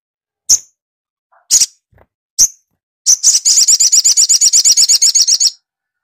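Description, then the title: Little spiderhunter song: three sharp high chips about a second apart, followed by a long, fast, high trill of bouncing notes lasting over two seconds. Masteran: training recording for songbirds, titled 'Labaik'. "Masteran Burung Sogok Ontong Labaik"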